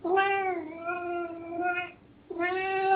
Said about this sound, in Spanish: Este gato parece que quiere que demos un mensaje.